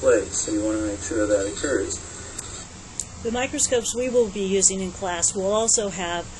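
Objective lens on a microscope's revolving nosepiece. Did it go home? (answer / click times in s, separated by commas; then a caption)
yes / 2.4 s, 3.0 s. An objective lens on a microscope's revolving nosepiece is turned so it clicks into place and locks in the right position, giving two sharp clicks at 2.4 s and 3.0 s. Someone talks before and after the clicks, and a steady low hum runs underneath.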